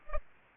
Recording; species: mosquito wingbeat signal from an infrared sensor; Culex pipiens